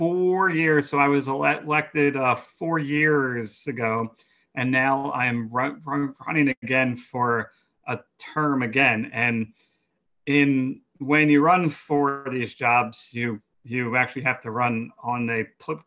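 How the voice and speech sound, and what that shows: An adult man, a township commissioner and politician who stutters, speaks in an interview with repeated part-syllables ("ru-ru-running"), stretched sounds and pauses, typical of stuttering.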